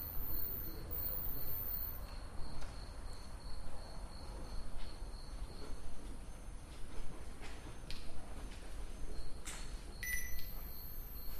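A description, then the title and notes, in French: An ambience of steady low rumble fills the whole eleven seconds, with a thin continuous insect-like whine near the top. Brief clicks and taps break through now and then, clustering around eight, nine and ten seconds, while the overall level stays fairly even. Parcours sonore. Une promenade sonore dans la Saline Royale d'arc et Senans, entre installation et performances. Ambiances, traces, déambulations, passages, résonance architecturale.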